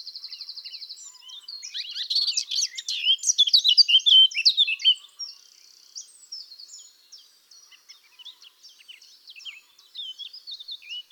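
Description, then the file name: Eurasian blackcap song: a short buzzy trill leads into a loud, fast warble of fluty whistles, followed by softer scattered chirps and brief trills. "Sylvia atricapilla"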